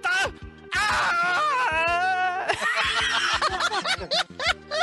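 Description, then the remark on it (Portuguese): A man screams loudly in long, strained, wavering bursts, his voice high and raw, with a brief gasp early on and several short breaks before the cries trail into choppy yells. “Peraí, que eu vou gritar agora.”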